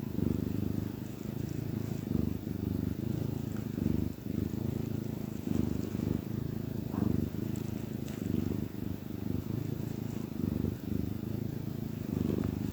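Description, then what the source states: Domestic cat purring steadily, a low throbbing rumble in repeated breath-length pulses, with faint soft clicks. Happy domestic cat purring.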